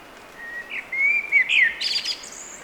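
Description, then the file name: Eurasian blackbird song: a drawn-out soft whistle leading into a few fluty slurs, then a scratchy high-pitched twitter to finish. "Turdus merula"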